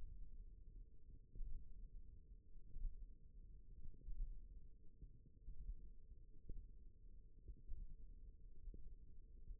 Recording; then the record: forearm muscle sounds (acoustic myography)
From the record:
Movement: thumb flexion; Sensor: system 1, eight BSWA MPA416 microphones around the upper forearm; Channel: 1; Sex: female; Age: 21 years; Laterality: right